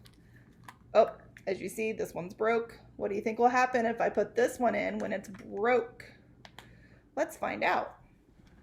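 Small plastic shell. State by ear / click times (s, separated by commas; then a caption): not seated / none. Someone talks while handling the two halves of a broken plastic Easter egg, with a few faint taps and clicks of handling. Nothing has snapped shut or seated yet by the end of the clip.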